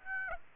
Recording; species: mosquito wingbeat signal from an infrared sensor; Aedes aegypti